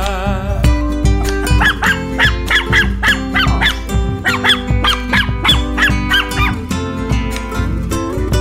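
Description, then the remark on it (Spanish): A dog barks repeatedly in quick, yappy bursts, a steady run of sharp mid-pitched barks layered over continuous music for the whole stretch. “¡Fuera, perro!”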